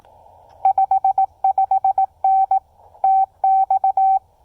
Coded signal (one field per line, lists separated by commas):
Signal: Morse code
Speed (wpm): 18 wpm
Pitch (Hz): 770 Hz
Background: none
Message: 55N TX